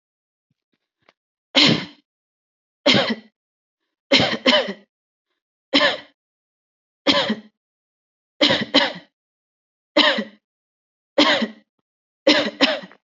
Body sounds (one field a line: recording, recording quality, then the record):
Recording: heavy voluntary cough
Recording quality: excellent, no background noise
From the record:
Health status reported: respiratory illness, not identified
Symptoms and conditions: asthma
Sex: female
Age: 37 years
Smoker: not ticked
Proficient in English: yes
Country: India